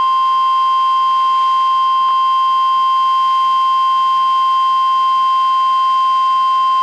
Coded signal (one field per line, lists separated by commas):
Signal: Emergency Alert System (SAME) tones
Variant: 1050 Hz attention tone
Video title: EAS #854: NWR Required Weekly Test- Aug. 2, 2023- 11:05AM PDT